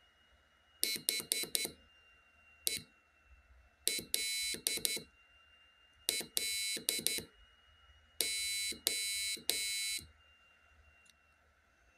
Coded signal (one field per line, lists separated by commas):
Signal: Morse code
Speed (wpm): 10 wpm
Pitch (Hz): 2200 Hz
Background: none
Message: HELLO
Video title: Morse code translator using Arduino